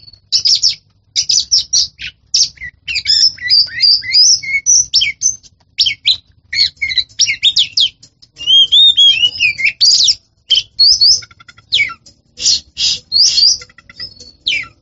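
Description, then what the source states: Oriental magpie-robin singing a long, varied run of loud whistles, sweeping slurs and harsh chattery notes, phrases packed closely with brief gaps between them. Champion songbird.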